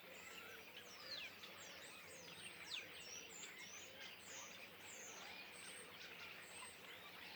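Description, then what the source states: Common starling flock calling, a few sweeping downslurred whistles and thin high notes cutting through the steady, many-voiced twittering. Flock perched in trees beside the Louroux pond, Le Louroux, near Loches, Indre-et-Loire, France; recorded with Sennheiser MKH8020 ORTF stereo pair and Sound Devices MixPre-6 II.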